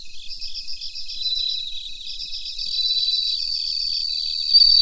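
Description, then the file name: Bell cricket song, high ringing pulses in a steady rapid series, layered with other crickets trilling and chirping in a dense continuous insect chorus. Recorded together with Mitsukado cricket. "Suzumushi Mitsukado"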